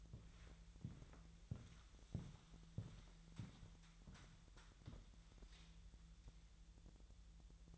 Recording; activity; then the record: daily activity, microphone in the room; walk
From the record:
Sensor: 3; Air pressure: 1002.0 hPa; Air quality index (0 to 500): 241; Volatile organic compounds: 109 ppm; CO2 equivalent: 3810 ppm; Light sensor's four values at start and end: 8/20/8/9 and 8/20/8/8